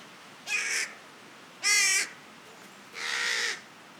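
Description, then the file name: Carrion crow calling, three harsh raspy caws spaced over about four seconds, with quiet background between. "Corvus corone"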